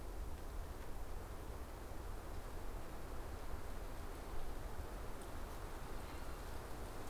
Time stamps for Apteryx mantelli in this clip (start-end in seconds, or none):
none